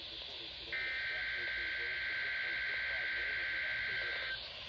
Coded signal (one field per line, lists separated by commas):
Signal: Emergency Alert System (SAME) tones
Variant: header bursts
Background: speech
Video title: EAS alerts from 12/8/20 - 12/9/20 EAS# 395 - 399